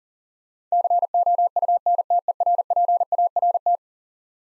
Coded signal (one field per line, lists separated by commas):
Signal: Morse code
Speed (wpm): 40 wpm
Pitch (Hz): 700 Hz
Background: none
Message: COUNTERPART